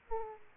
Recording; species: mosquito wingbeat signal from an infrared sensor; Aedes aegypti